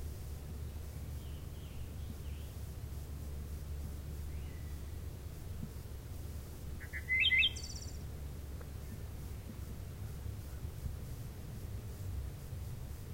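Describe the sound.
Wood thrush song: a single brief fluty phrase ending in a high trill midway through, otherwise steady low rumble.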